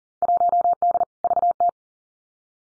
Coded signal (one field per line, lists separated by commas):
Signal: Morse code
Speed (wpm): 37 wpm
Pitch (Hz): 700 Hz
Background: none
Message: 1D VT